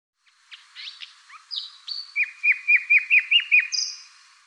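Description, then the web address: Bird song: scattered high chirps and a thin whistle, then a run of about seven evenly spaced ringing notes, ending on a high drawn-out whistle. "cianscape birddata Deverinetal 2025"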